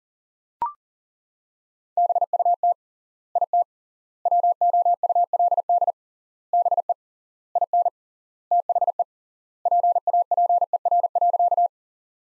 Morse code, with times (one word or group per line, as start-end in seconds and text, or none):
2.0-2.7 BUT
3.4-3.6 IT
4.3-5.9 WOULD
6.5-6.9 BE
7.6-7.9 IN
8.5-9.0 THE
9.7-11.7 PAPER.